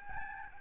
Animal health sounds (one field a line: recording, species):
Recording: mosquito wingbeat signal from an infrared sensor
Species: Aedes albopictus